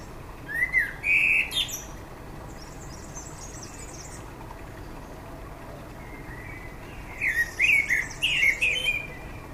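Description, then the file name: Common blackbird song: two bursts of whistled notes, the first ending in high squeaky twitters, separated by several seconds of quiet. "Turdus merula"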